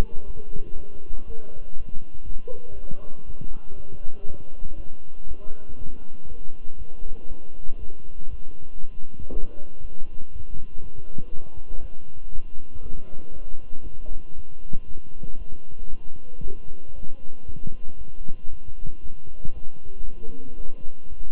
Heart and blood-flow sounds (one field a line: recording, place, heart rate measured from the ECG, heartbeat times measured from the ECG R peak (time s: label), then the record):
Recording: heart sounds by stethoscope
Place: between the tricuspid and mitral areas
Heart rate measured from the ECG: 118 bpm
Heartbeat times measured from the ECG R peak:
0.26 s: heartbeat
0.76 s: heartbeat
1.26 s: heartbeat
1.76 s: heartbeat
2.25 s: heartbeat
2.75 s: heartbeat
3.26 s: heartbeat
3.76 s: heartbeat
4.26 s: heartbeat
4.76 s: heartbeat
5.27 s: heartbeat
5.77 s: heartbeat
6.28 s: heartbeat
6.78 s: heartbeat
7.28 s: heartbeat
7.78 s: heartbeat
8.29 s: heartbeat
8.80 s: heartbeat
9.30 s: heartbeat
9.81 s: heartbeat
10.32 s: heartbeat
10.82 s: heartbeat
11.31 s: heartbeat
11.81 s: heartbeat
12.31 s: heartbeat
12.82 s: heartbeat
13.32 s: heartbeat
13.83 s: heartbeat
14.35 s: heartbeat
14.86 s: heartbeat
15.38 s: heartbeat
15.89 s: heartbeat
16.42 s: heartbeat
16.94 s: heartbeat
17.46 s: heartbeat
17.97 s: heartbeat
18.49 s: heartbeat
19.01 s: heartbeat
19.53 s: heartbeat
20.04 s: heartbeat
20.56 s: heartbeat
21.08 s: heartbeat
From the record:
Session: walking at 3.7 km/h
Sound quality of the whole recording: good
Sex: male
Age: 23 years